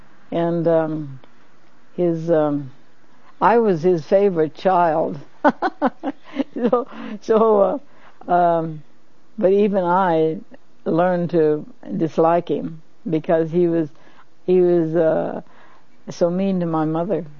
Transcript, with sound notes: and his - I was his favorite child. (laughs) So uh, um, even I learned to dislike him because he was - he was so mean to my mother.